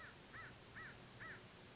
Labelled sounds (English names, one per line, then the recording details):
American Crow
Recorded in Sonoma County, California